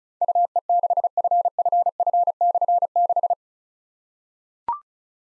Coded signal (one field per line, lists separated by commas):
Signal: Morse code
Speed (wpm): 36 wpm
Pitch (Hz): 700 Hz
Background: none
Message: UE6FFF/6